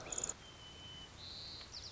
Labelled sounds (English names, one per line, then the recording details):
White-crowned Sparrow
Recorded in Sonoma County, California